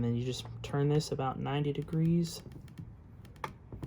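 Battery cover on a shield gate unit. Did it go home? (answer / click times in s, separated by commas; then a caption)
yes / 3.4 s. Someone talks while a plastic twist-lock battery cover is put back on an Invisible Fence Shield Gates unit and turned about 90 degrees. Faint ticks come as it turns, then a sharp click at 3.4 s as the cover locks into place.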